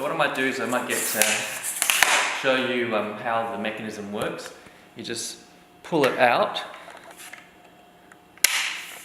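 Someone talks while demonstrating the angle-lock pull-out stop on a leg hinge of a Sirui R2214x tripod, pulling the lock out and letting it go. It snaps back into its locked position with a sharp click at 8.5 s, seating the tripod leg angle lock.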